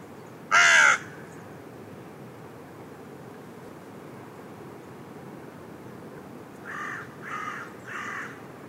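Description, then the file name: Carrion crow giving one loud harsh caw near the start, then a long quiet gap before three fainter hoarse caws near the end, with soft background hiss throughout. "Corvus corone"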